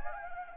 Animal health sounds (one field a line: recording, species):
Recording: mosquito wingbeat signal from an infrared sensor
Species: Anopheles gambiae